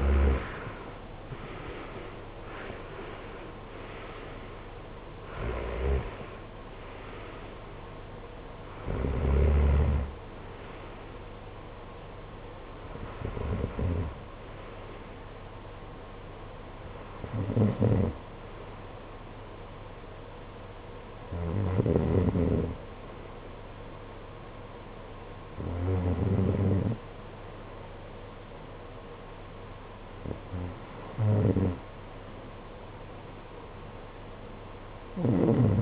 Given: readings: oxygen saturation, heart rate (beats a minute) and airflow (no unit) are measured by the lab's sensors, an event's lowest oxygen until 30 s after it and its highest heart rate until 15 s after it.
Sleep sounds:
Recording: breathing in sleep by a voice recorder at the bedside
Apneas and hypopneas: none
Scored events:
none scored
From the record:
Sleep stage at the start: REM sleep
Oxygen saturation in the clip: 74 to 95%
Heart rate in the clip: 55 to 85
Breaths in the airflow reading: 9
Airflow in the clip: -16.8 to 16.3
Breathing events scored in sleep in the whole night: 476 in 9.7 hours asleep

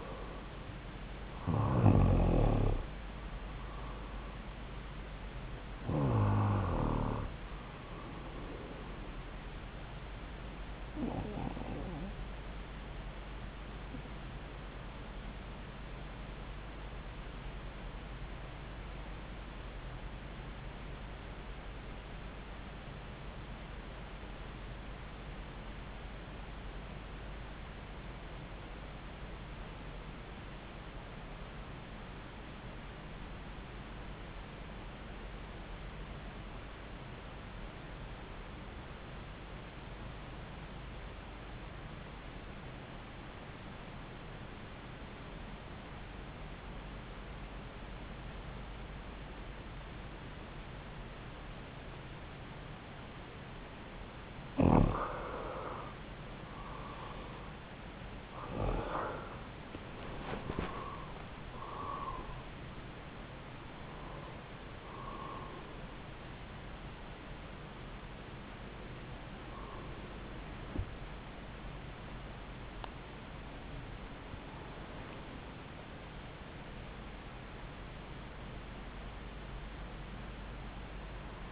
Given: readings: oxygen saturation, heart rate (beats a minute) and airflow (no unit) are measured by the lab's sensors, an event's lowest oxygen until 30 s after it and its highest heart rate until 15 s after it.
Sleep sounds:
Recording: breathing in sleep by a voice recorder at the bedside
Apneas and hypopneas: 1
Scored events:
19.00-54.00 s: obstructive apnea (REM, oxygen 96% highest, then 82% lowest)
56.00-81.52 s: new sleep stage, N1 (lightest sleep)
From the record:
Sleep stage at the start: REM sleep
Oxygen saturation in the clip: 82 to 96%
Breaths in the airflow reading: 10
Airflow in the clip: -9.3 to 9.0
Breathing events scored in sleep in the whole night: 270 in 6.1 hours asleep

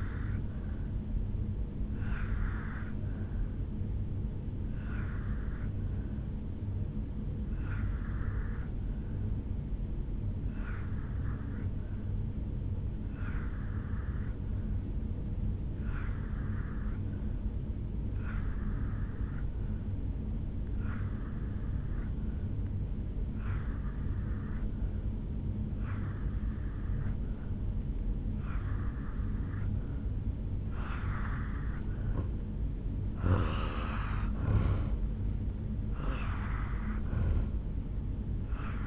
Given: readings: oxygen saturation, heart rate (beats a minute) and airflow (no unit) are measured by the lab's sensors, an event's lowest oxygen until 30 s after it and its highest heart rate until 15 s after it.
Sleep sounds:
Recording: breathing in sleep by a smartphone at the bedside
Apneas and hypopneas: 1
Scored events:
4.00-30.40 s: hypopnea (N2, oxygen 93% highest, then 85% lowest, heart rate 72 at the start, 77 highest)
From the record:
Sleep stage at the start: N2 (light sleep)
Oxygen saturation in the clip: 85 to 93%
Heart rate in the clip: 66 to 77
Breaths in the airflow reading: 9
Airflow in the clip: -3.6 to 2.5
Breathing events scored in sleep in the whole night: 449 in 7.0 hours asleep

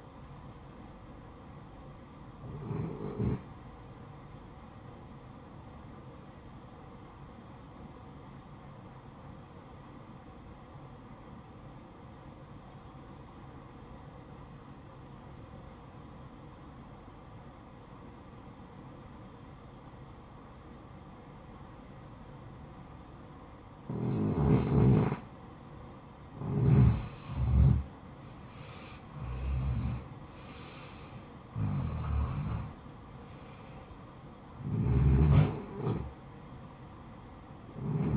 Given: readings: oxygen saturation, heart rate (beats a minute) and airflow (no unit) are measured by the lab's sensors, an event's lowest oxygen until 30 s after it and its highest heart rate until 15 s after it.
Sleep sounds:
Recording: breathing in sleep by a smartphone at the bedside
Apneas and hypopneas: 1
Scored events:
7.00-25.60 s: obstructive apnea (REM, oxygen 94% highest, then 84% lowest, heart rate 65 at the start, 78 highest)
From the record:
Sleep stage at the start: REM sleep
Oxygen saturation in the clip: 75 to 94%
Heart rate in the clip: 60 to 78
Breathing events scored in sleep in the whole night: 573 in 9.8 hours asleep

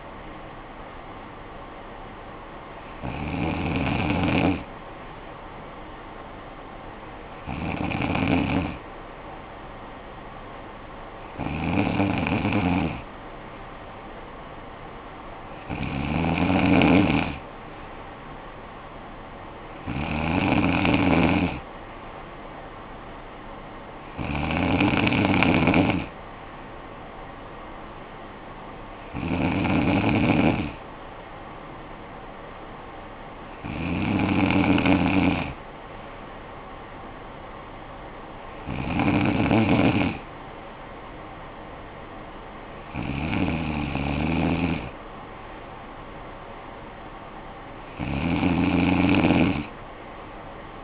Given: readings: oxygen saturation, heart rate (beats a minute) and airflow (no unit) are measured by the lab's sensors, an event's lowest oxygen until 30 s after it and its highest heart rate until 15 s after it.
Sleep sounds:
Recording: breathing in sleep by a voice recorder at the bedside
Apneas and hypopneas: none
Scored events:
none scored
From the record:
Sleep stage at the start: N2 (light sleep)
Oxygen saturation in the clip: 94 to 96%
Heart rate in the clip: 50 to 59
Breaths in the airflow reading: 11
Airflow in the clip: -10.6 to 6.7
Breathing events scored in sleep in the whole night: 445 in 7.6 hours asleep

